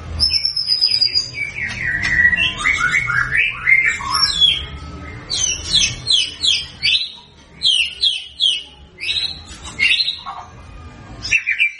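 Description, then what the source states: White-rumped shama song: a long string of varied whistled phrases, then a series of sharp repeated chirping notes with short gaps between them. Lure recording used to make white-rumped shamas respond; bird described as singing actively and loudly.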